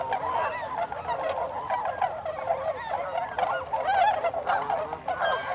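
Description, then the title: Tundra swans giving a continuous chorus of mellow honks and bugling notes, many birds overlapping. Recorded 26 December 2020; several swans. "2020-12-26-Tundra-Swans"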